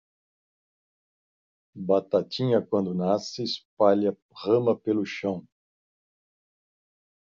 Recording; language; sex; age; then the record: short text; Brazilian Portuguese; male; 50 to 59 years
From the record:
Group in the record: control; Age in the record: 56 years